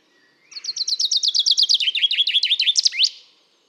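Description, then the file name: Common chaffinch: bright repeated chip notes descending into a quick rattling trill, closed by an emphatic upswept flourish, the phrase lasting about two and a half seconds. "Fringilla coelebs"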